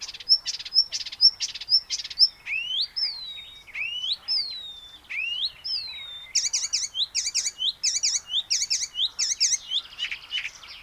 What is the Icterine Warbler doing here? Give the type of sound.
song